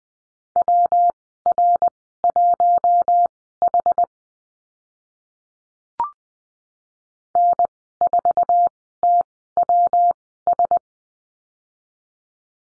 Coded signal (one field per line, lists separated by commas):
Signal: Morse code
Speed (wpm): 19 wpm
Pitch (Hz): 700 Hz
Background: none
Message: WR1H N4TWS